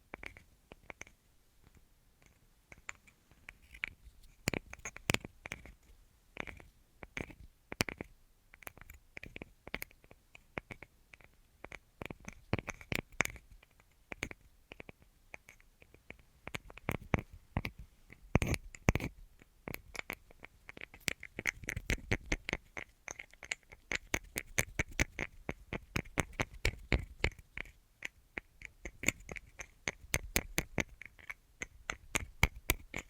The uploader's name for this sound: Tingliest Tapping Assortment